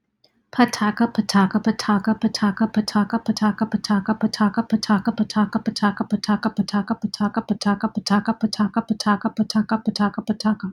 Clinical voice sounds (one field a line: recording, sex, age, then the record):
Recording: repeated syllables /pa ta ka/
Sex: female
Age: 40 to 49 years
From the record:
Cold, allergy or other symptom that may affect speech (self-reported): no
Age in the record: 45 years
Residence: Florida, United States